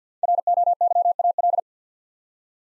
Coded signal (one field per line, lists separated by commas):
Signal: Morse code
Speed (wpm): 50 wpm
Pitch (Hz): 700 Hz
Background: none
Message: ROYAL